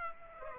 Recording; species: mosquito wingbeat signal from an infrared sensor; Aedes aegypti